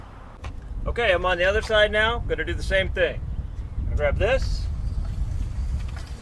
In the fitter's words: it up that locks in place it locks automatically and